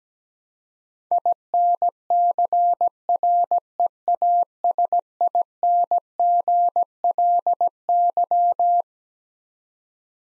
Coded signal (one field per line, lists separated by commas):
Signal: Morse code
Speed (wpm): 17 wpm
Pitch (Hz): 700 Hz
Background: none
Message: INCREASINGLY